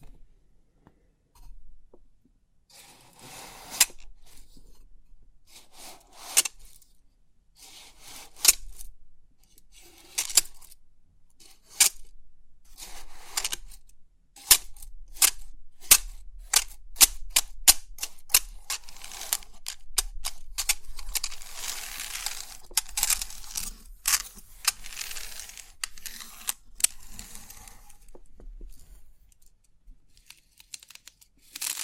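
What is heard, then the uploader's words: Crisp tapping and clicking on 3D pin art, made of sharp, bright ticks that start sparse and then build into dense, rapid bursts through the middle. The clicks thin out again near the end, with a faint low hum underneath throughout. Crisp 3D Pin Art Tingles(No Talking).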